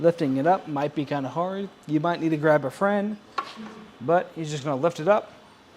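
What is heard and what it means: Someone talks while a heavy Kuat Piston Pro hitch bike rack for 3 bikes on a 2023 Cadillac XT5 is about to be lifted up from its tilted position toward its upright tilt lock. Only speech is heard, with no distinct handling sounds. The rack has not clicked into place yet.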